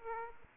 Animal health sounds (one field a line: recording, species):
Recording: mosquito wingbeat signal from an infrared sensor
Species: Aedes aegypti